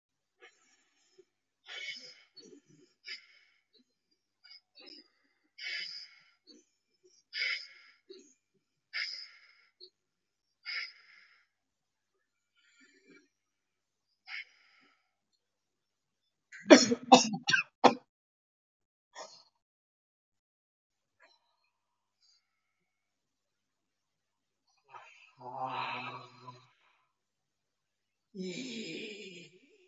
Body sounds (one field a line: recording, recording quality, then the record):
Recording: shallow breathing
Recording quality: excellent, no background noise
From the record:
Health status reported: healthy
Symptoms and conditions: hypertension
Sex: male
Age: 54 years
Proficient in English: yes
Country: India